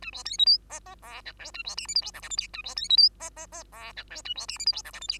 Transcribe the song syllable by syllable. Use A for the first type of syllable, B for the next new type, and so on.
A B C D E F F G H I A B J K L M N O P Q A B C D E F F F G H I A B J K L M N O P Q